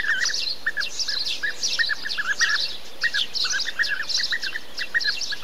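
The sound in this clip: Bee-eater calls, short burry trilled notes repeated continuously throughout.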